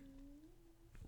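A faint, drawn-out tonal whine lasts about a second, slowly rising in pitch, then ends in a soft low gurgle. It is a stomach growl (borborygmi), the ordinary sound of gas and fluid moving through the gut, heard over quiet room noise.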